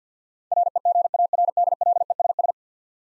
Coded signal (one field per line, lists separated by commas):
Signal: Morse code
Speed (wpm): 46 wpm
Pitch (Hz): 700 Hz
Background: none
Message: REGARDLESS